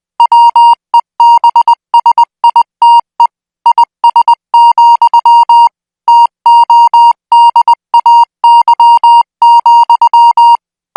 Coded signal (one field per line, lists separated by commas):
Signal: Morse code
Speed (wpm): 20 wpm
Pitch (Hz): 940 Hz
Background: music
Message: WEBSITE IS, TODAY,